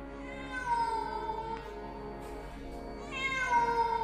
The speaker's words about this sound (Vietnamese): Bỗng có tiếng mèo kêu, nghe thảm thiết vô cùng.